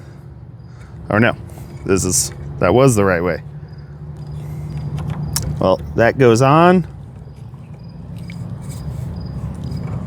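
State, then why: Not seated. A rear wiper blade is being fitted onto the rear wiper arm mount of a 4th-gen Hyundai Santa Fe (2019–2023). Someone talks in short bursts while the part is handled, with a sharp tick near 5.4 s and faint ticks around 7.5 s and 8.3 s over a low background hum. Nothing has seated or clicked into place yet.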